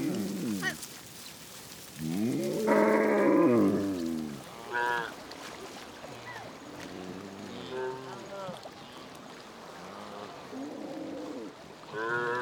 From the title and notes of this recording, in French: Chants et sons du Mali. Les vaches traversent le fleuve Niger vers l'Ouest. Enregistrements : juillet-août 05.